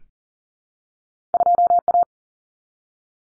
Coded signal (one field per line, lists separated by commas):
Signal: Morse code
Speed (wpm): 40 wpm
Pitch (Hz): 700 Hz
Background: none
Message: 2A